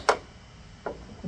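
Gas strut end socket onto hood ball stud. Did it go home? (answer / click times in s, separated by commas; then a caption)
yes / 0.1 s. A gas support strut's end socket is pressed onto the hood's ball stud on a BMW Z3, snapping into place with a sharp click at 0.1 s. A softer tick follows at 0.9 s, then a low rumble swells near the end. The strut end is seated on its post.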